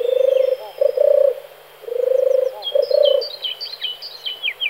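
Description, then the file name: European turtle dove song, a deep purring coo given in two phrases, each a long purr followed by shorter ones, with thin high twittering from other birds. "tortora"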